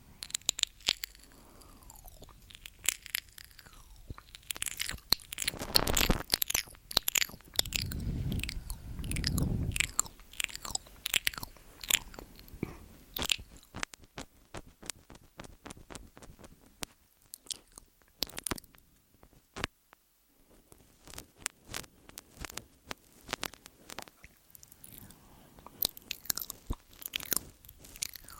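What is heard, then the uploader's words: Mouth sounds and ear eating: wet clicks, smacks and crunchy bites crowd together, densest in the first fifteen seconds, with a heavy low rumbling burst around six to ten seconds. After a near-silent gap near twenty seconds, sparser sharp clicks and smacks return. MOUTH SOUNDS & EAR EATING Tascam & Dummyhead.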